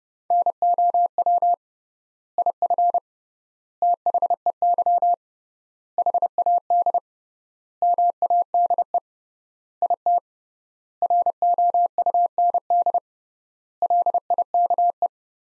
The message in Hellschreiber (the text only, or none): none